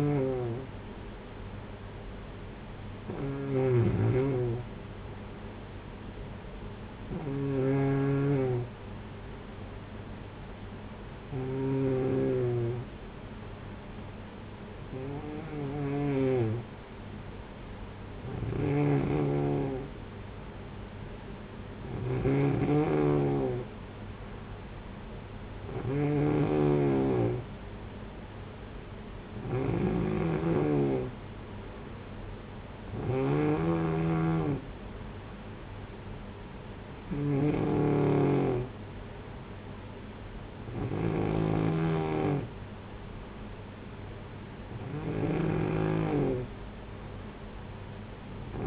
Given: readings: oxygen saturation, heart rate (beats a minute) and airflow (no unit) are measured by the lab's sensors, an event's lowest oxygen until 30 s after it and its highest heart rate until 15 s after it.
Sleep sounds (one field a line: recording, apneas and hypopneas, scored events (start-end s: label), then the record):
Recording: breathing in sleep by a voice recorder at the bedside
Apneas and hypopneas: none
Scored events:
none scored
From the record:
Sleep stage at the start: N2 (light sleep)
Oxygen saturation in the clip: 93 to 94%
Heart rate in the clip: 54 to 61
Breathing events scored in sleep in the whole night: 226 in 8.8 hours asleep